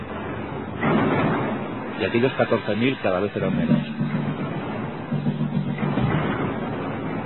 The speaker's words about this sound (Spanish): Según iban avanzando los sudistas, llegaban tropas de refresco a la Unión y comenzaron a dispararles por los flancos, primero por la derecha, unos metros más adelante por la izquierda. Cañonazos, fusilería.